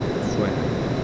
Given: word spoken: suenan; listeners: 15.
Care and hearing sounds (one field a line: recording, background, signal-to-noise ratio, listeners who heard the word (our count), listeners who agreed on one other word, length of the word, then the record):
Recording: one Spanish word in noise, from a listening test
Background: speech-shaped noise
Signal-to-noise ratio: -6.9 dB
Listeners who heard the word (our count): 0 of 15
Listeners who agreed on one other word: 6 of 15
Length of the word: 0.64 s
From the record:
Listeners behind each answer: 6, 5, 1, 1, 1, 1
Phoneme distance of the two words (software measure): 27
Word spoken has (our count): 2 syllables, 6 phonemes, stress on syllable 1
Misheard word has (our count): 2 syllables, 5 phonemes, stress on syllable 1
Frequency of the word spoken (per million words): 5.18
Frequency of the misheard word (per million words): 134.80